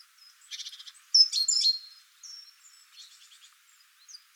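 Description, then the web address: Great tit calls: a rapid buzzy rattle, then a louder harsh scolding burst, then a softer buzzy rattle, with faint thin high notes around them. "SETE Parus major"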